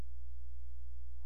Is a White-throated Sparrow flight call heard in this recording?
no